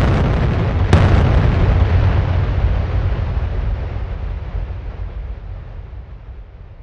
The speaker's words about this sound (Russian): Даже внутри проходца я услышал два прозвучавших практически синхронно взрыва.